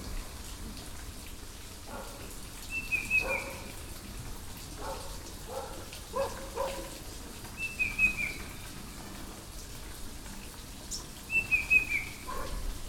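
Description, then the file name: Banded bay cuckoo giving three high, thin whistled phrases that drop in pitch, spaced several seconds apart, over steady background noise and scattered lower calls. "cuckoo-banded-bay -Cacomantis-sonneratii"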